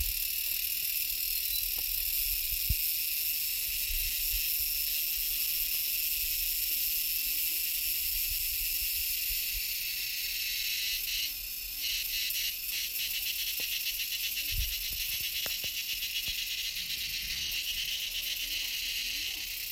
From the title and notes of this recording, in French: Insectes jungle - Ba Vì - 15h.